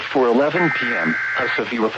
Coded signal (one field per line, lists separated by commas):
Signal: Emergency Alert System (SAME) tones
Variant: header bursts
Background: speech